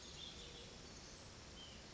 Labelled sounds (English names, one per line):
White-breasted Nuthatch